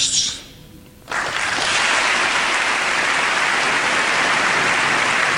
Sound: applause

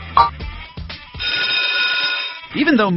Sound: bell ringing

